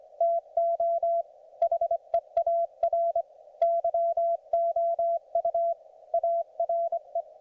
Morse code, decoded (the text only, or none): TO HEAR YOU ARE